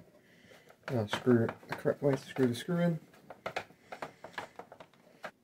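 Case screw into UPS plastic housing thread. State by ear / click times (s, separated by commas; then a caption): not seated / none. A case screw is turned by a screwdriver into the plastic housing thread of an Eaton 5E UPS during a battery install. Someone talks over a run of short ticks and taps. Nothing has seated or clicked yet.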